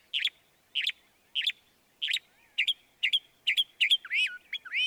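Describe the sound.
Northern mockingbird singing a series of sharp chips, then switching to several sweeping, slurred whistles.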